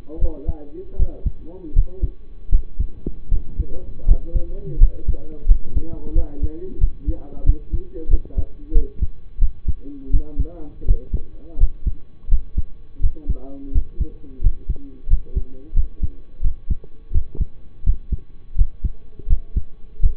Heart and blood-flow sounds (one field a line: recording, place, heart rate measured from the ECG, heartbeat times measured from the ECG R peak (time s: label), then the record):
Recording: heart sounds by stethoscope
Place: between the tricuspid and mitral areas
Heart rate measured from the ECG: 85 bpm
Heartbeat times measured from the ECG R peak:
0.18 s: heartbeat
0.96 s: heartbeat
1.73 s: heartbeat
2.49 s: heartbeat
3.29 s: heartbeat
4.05 s: heartbeat
4.78 s: heartbeat
5.46 s: heartbeat
6.13 s: heartbeat
6.78 s: heartbeat
7.44 s: heartbeat
8.08 s: heartbeat
8.72 s: heartbeat
9.39 s: heartbeat
10.11 s: heartbeat
10.85 s: heartbeat
11.58 s: heartbeat
12.29 s: heartbeat
13.00 s: heartbeat
13.72 s: heartbeat
14.41 s: heartbeat
15.07 s: heartbeat
15.74 s: heartbeat
16.41 s: heartbeat
17.12 s: heartbeat
17.83 s: heartbeat
18.55 s: heartbeat
19.27 s: heartbeat
20.00 s: heartbeat
From the record:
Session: rest, lying down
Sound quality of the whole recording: partially saturated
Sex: male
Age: 25 years